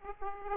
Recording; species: mosquito wingbeat signal from an infrared sensor; Aedes aegypti